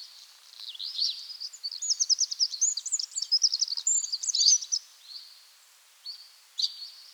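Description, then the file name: Eurasian wren song: a loud, rapid, high twittering and trilling phrase of several seconds, then a few brief high notes over faint background hiss. "Troglodytes troglodytes"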